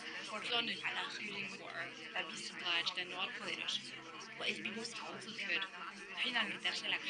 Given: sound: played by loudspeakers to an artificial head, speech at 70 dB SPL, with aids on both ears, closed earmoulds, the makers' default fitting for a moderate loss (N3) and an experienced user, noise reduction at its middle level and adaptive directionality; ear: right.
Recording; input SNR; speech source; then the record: speech test signal (ISTS) in cocktail-party noise; -6 dB; in front (0 degrees)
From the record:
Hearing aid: class 2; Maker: F